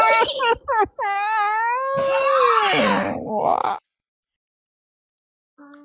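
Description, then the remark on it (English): A chair nicknamed Whiny creaks and whines loudly: a couple of short squeaks, then a long, wavering, high-pitched groan that bends in pitch before cutting off, followed by silence. “Can you hear Whiny the chair?”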